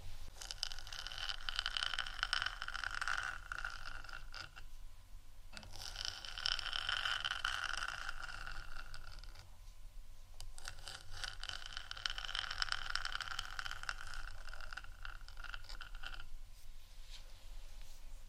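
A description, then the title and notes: Soft tapping and scratching come in three long bursts, each around four or five seconds, with short gaps near 5 and 10 seconds. The strokes are dense and rapid, forming a bright, rustling texture over a steady low rumble. No voice is heard. ASMR Softly Tapping & Scratching （No Talking）.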